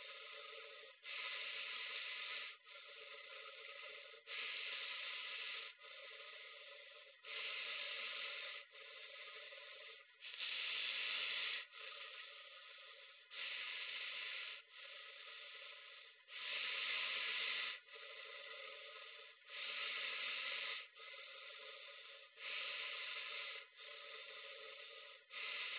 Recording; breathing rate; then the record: paced breathing near a phone; 20 breaths a minute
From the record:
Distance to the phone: 20 cm